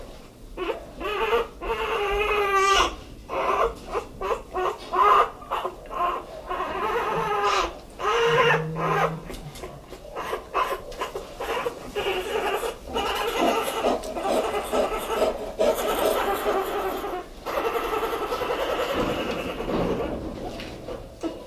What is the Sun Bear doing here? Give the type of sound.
call